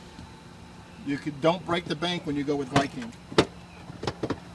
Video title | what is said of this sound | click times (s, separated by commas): Viking Hard Saddle Bags on HD Fat Bob | you lock it back into place our saddlebags are locked into place | 3.4 s